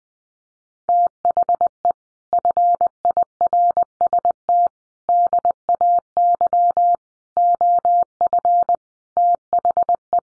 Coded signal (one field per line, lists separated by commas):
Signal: Morse code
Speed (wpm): 20 wpm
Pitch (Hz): 700 Hz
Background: none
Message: THE FIRST DAY OF THE